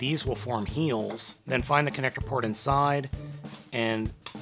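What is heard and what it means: Someone talks over background music while handling a combining toy, finding the connector port inside to push the plastic gorilla connector pieces into it. The pieces are not yet pushed home, and nothing has seated or clicked yet.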